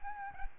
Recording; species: mosquito wingbeat signal from an infrared sensor; Aedes albopictus